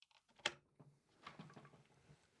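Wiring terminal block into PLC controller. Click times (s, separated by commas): 0.5 s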